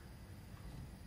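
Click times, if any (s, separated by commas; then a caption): none. A Fissler pressure cooker lid is being handled on the pot body, lined up so the red dot on the lid meets the one on the pot before it is turned closed. Only a steady low rumble and broadband noise are heard, with no distinct impacts. Nothing has seated or clicked yet.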